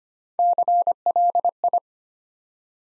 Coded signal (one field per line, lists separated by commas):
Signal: Morse code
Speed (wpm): 25 wpm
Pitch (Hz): 700 Hz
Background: none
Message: CLI